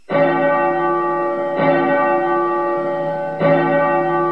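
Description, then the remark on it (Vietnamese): A large temple bell at Shaolin Temple is struck three times in quick succession, each deep, resonant clang ringing on with rich humming overtones that blend into the next strike. No voices are heard. “Bỗng nghe từ phía Thiếu Lâm tự tiếng chuông vang lên dồn dập, nghe thật khẩn cấp.”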